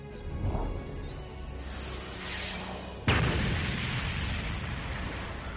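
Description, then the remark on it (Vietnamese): A deep, rumbling backdrop gives way to one sudden explosive boom of a punch about halfway through, followed by a loud, sustained crashing roar of shaking seawater that churns on until the end. “Ầm một tiếng, nước biển chấn động như muốn nổ tung.”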